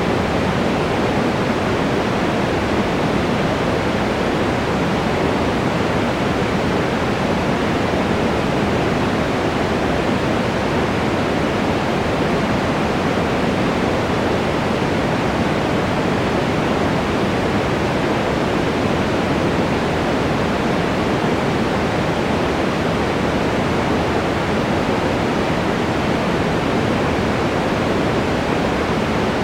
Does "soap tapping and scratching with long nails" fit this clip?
no